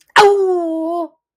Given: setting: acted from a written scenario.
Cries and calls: vocal sound without words; pain

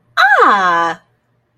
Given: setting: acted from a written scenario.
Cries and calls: vocal sound without words; positive surprise

